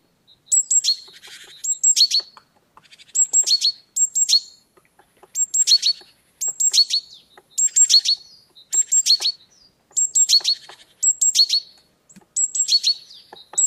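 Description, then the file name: Great tit repeating a short phrase of a very high thin note followed by lower notes, many times throughout, with scratchy sounds between. "Parus major"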